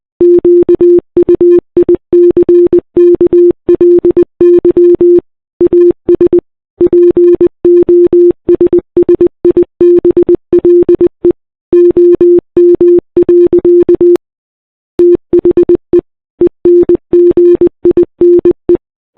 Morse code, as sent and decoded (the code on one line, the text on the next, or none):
--.- ..- .. -.-. -.- .-.. -.-- / .- ... / .--. --- ... ... .. -... .-.. . / --- -- .-.-.- / - .... . / . -. --. .. -. .
QUICKLY AS POSSIBLE OM. THE ENGINE